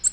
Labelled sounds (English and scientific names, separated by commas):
Nashville Warbler (Leiothlypis ruficapilla) flight call